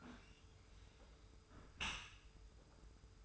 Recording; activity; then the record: daily activity, microphone in the room; close dishwasher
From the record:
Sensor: 2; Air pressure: 991.2 hPa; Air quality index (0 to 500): 143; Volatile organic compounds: 292 ppm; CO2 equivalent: 4463 ppm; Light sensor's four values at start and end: 40/115/46/44 and 40/115/46/44